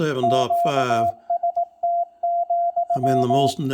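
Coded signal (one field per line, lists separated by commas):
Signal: Morse code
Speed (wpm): 17 wpm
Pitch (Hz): 700 Hz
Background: speech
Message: QST,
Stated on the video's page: CW from the RGO-ONE transceiver, demonstrating its CW features.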